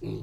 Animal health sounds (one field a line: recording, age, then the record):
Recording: pig call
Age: weaner (32 to 43 days)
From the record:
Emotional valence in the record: negative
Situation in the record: short isolation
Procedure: open field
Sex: female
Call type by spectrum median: low-frequency call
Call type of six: low-frequency stable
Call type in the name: low-frequency stable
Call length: 0.22 s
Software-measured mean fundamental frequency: 55 Hz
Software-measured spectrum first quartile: 135 Hz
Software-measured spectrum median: 255 Hz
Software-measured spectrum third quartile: 404 Hz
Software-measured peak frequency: 354 Hz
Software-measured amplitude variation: 120 dB a second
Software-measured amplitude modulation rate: 24.8 a second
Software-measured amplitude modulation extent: 4.8 dB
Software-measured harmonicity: 0.7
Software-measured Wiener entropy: -0.12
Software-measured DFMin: 1975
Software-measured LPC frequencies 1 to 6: 335, 2565, 3788, 4214, 4792, 6150 Hz